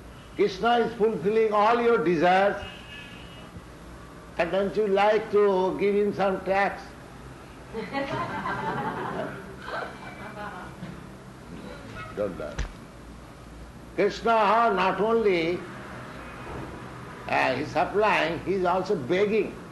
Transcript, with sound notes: Kṛṣṇa is fulfilling all your desires. And don't you like to give Him some tax? [laughter] Don't laugh. Kṛṣṇa, not only He's supplying, He's also begging.